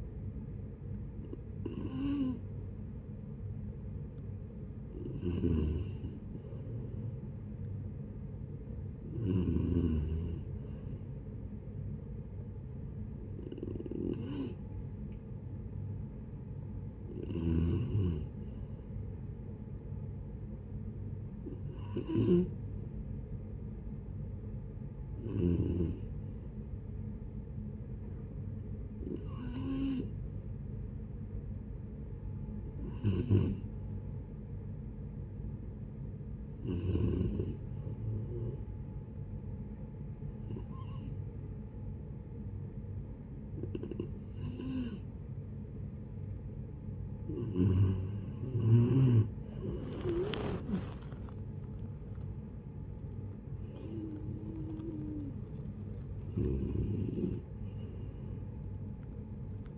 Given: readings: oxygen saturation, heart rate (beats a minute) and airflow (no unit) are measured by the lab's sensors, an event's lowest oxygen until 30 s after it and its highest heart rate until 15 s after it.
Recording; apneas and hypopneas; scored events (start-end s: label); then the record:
breathing in sleep by a smartphone at the bedside; 2
16.00-31.30 s: hypopnea (N3, oxygen 93% highest, then 90% lowest, heart rate 74 at the start, 77 highest)
40.00-50.90 s: hypopnea (N3, oxygen 91% highest, then 89% lowest, heart rate 68 at the start, 79 highest)
56.00-59.78 s: new sleep stage, N2 (light sleep)
From the record:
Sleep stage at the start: N3 (deep sleep); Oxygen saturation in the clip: 90 to 93%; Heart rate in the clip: 68 to 79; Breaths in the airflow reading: 15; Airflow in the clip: -12.4 to 11.1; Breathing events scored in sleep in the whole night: 496 in 5.4 hours asleep